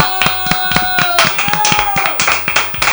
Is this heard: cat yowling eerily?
no